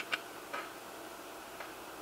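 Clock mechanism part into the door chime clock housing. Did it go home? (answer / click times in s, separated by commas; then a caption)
no / none. A clock mechanism part is being lined up with the housing of a vintage 1930s NuTone "Time ~ Chime" door-chime clock as the assembly is tipped up during reassembly. Faint, light ticks of handling are heard around 0.1 s, 0.5 s and 1.6 s over a quiet background. Nothing has seated or clicked into place yet.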